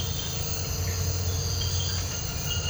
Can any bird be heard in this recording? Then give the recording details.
no. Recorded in dense forest near Puerto Asís, Putumayo, Colombia, on 19 March 2025 at 02:30. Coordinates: 0.468, -76.322. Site GP01